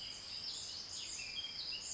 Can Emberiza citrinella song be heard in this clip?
no